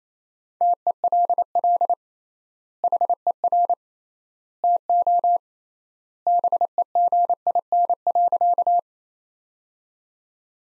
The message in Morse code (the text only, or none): TELL HER TO BEGIN.